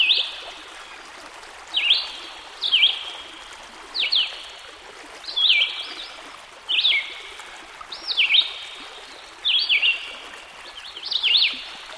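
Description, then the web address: Red-eyed Vireo delivering a long series of short, slurred whistled phrases with varied up-and-down shapes, separated by brief pauses, over steady running water. Heard with a stream in the background. "Dan Gibson Songbirds By The Stream. Red - Eyed Vireo"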